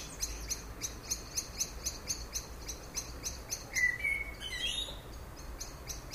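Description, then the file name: Common blackbird giving one short fluted warble ending in a thin high squeak, after a run of rapid repeated high chirps. "Turdus merula"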